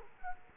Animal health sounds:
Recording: mosquito wingbeat signal from an infrared sensor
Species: Culex quinquefasciatus

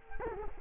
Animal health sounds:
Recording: mosquito wingbeat signal from an infrared sensor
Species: Culex quinquefasciatus

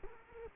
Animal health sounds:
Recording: mosquito wingbeat signal from an infrared sensor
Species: Culex quinquefasciatus

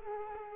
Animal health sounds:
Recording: mosquito wingbeat signal from an infrared sensor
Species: Culex quinquefasciatus

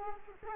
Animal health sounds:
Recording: mosquito wingbeat signal from an infrared sensor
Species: Culex quinquefasciatus

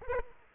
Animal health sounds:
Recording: mosquito wingbeat signal from an infrared sensor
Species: Aedes aegypti

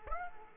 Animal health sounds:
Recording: mosquito wingbeat signal from an infrared sensor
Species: Aedes aegypti

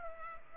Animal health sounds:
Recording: mosquito wingbeat signal from an infrared sensor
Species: Culex pipiens

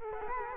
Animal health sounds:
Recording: mosquito wingbeat signal from an infrared sensor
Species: Culex quinquefasciatus

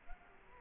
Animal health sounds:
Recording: mosquito wingbeat signal from an infrared sensor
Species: Culex quinquefasciatus

